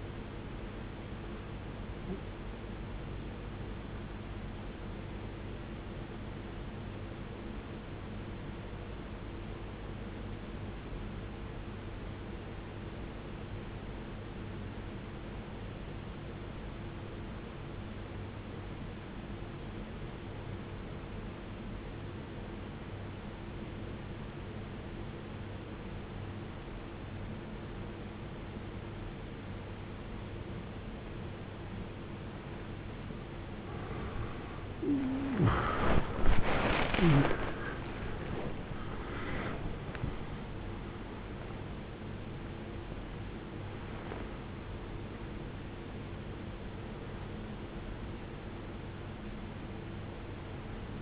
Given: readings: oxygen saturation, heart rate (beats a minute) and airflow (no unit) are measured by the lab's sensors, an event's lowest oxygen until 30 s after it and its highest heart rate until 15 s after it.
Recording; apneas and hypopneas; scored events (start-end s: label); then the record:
breathing in sleep by a voice recorder at the bedside; 1
11.00-36.00 s: obstructive apnea (N1, oxygen 95% highest, then 79% lowest, heart rate 54 at the start, 91 highest)
23.00-51.02 s: new sleep stage, N2 (light sleep)
From the record:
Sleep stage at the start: N1 (lightest sleep); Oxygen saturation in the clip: 81 to 95%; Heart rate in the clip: 52 to 91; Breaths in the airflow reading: 7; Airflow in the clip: -21.7 to 19.8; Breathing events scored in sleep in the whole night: 389 in 6.3 hours asleep